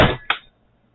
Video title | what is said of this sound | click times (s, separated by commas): K98 Trench Magazine Install and Overview | tap on it like that if you heard that click | 0.3 s